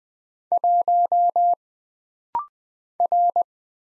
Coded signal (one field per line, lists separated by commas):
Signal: Morse code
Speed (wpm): 20 wpm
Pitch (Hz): 700 Hz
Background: none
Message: 1 R